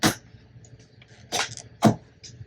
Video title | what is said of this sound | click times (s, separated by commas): UV PRINTING AT HOME! eufyMake E1 UV Printer - UNBOX, TEST & REVIEW | All right, we have a click. | 0.0 s